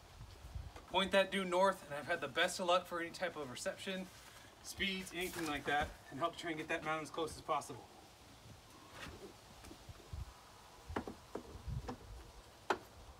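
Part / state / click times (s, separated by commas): satellite dish mast into roof mount socket / not seated / none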